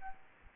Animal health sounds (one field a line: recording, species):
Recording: mosquito wingbeat signal from an infrared sensor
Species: Aedes albopictus